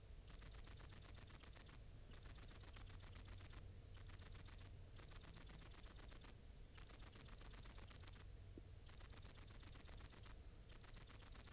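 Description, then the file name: Great green bush-cricket singing in long bursts of rapid, high, sizzling pulses, each burst lasting one to two seconds and separated by short silent gaps. "Tettigonia viridissima"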